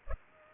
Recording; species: mosquito wingbeat signal from an infrared sensor; Culex pipiens